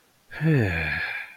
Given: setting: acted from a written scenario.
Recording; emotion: vocal sound without words; desire